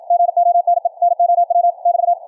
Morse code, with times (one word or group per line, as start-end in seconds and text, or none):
0.1-0.9 GONE
1.0-1.7 NOW
1.9-2.1 <BT>